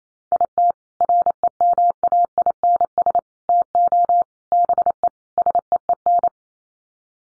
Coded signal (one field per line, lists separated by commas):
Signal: Morse code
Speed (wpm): 28 wpm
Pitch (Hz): 700 Hz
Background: none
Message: IT REMAINS TO BE SEEN